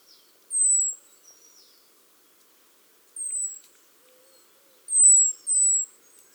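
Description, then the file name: Great tit calls: very high, thin, slightly falling whistled notes given singly or in quick pairs, separated by silent gaps. "Parus major"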